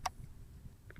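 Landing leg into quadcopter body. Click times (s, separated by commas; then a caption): 0.1 s. A plastic landing leg is pushed into the body of a Cheerson CX-23 brushless GPS 5.8 GHz FPV quadcopter and gives a sharp, bright click at 0.1 s as it locks into place, followed by two faint ticks near 0.9 and 1.0 s. The leg is confirmed seated and locked, and it cannot be pulled out.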